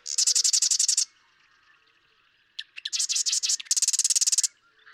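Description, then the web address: Marsh Wren song: a dry, rattling mechanical trill of about one second, then a pause, a few clicks and two more rapid buzzy rattles back to back. "birdsongforthecurious songs Marsh Wren"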